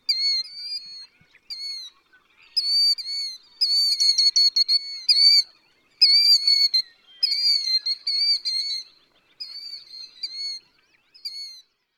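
Killdeer calling, shrill, clear whistled notes given in bursts of several quick notes with short pauses between, some run together into rapid strings.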